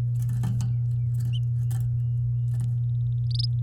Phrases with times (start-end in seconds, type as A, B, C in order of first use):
3.31-3.46 A